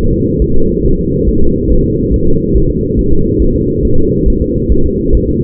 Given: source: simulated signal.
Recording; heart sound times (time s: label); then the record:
fetal heart sounds
0.13 s: S2
0.42 s: S1
0.56 s: S2
0.85 s: S1
0.99 s: S2
1.29 s: S1
1.43 s: S2
1.72 s: S1
1.86 s: S2
2.14 s: S1
2.28 s: S2
2.57 s: S1
2.70 s: S2
2.99 s: S1
3.13 s: S2
3.42 s: S1
3.56 s: S2
3.85 s: S1
3.99 s: S2
4.28 s: S1
4.42 s: S2
4.72 s: S1
4.86 s: S2
5.15 s: S1
5.29 s: S2
From the record:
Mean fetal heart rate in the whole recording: 140 bpm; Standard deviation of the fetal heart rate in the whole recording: 2 bpm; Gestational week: 34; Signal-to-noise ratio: -19.1 dB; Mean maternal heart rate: 72 bpm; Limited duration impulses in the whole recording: present